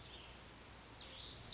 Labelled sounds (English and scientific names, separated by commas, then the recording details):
Pacific Wren (Troglodytes pacificus)
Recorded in Sonoma County, California